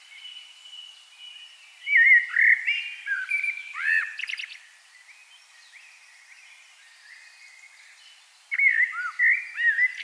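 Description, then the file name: Common blackbird song: two bursts of rich, whistled warbling with looping notes, separated by a quiet gap of several seconds. "Turdus merula"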